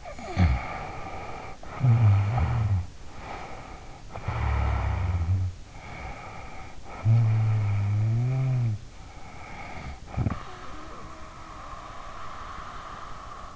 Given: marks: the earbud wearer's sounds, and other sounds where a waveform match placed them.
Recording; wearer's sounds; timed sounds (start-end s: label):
sounds in sleep by an in-ear microphone; snoring breath
0.00-3.02 s: snoring breath
3.15-5.60 s: snoring breath
5.78-8.88 s: snoring breath
9.06-13.56 s: snoring breath